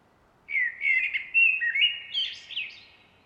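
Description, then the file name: Common blackbird with one continuous song phrase: smooth, mellow fluted whistles that finish in a higher, squeaky twitter. "Turdus merula"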